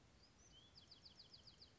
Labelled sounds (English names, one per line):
Bewick's Wren